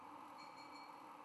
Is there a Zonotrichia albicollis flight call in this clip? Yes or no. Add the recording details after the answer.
no. No flight call is heard. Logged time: 01:45 on 6 November 2014